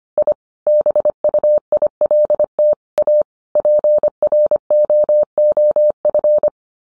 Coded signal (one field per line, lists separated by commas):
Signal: Morse code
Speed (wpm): 25 wpm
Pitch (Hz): 600 Hz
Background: none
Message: I BUILT A PROOF